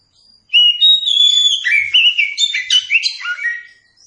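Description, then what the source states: Oriental magpie-robin song: a continuous, rich run of clear whistles, trills and chirps that shifts pitch constantly for over three seconds. Masteran (training song recording) meant for teaching captive Kacer birds to sing.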